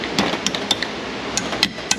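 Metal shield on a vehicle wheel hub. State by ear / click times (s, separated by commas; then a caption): not seated / none. A metal dust shield on a vehicle wheel hub is hammered on, put on in the wrong position so it will cover the wheel speed sensor hole. A series of sharp metallic hammer blows is heard, with the loudest strikes at about 0.7, 1.6 and 1.9 seconds. The shield has not snapped into place yet.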